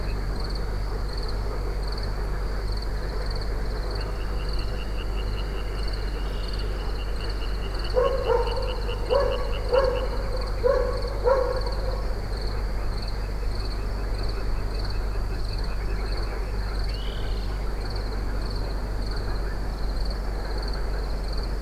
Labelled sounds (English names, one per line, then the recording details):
Water Rail
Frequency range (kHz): Water Rail 2.6-4.1 kHz
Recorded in France